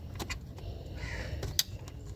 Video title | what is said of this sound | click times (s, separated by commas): How to replace engine cooling fan resistor in Kia Sportage | Next, reconnect both the electrical connectors until you hear it click securely into place. | 1.6 s